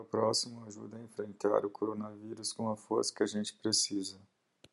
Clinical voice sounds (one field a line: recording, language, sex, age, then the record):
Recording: spoken sentence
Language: Brazilian Portuguese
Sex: male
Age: 40 to 49 years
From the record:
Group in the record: control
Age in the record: 41 years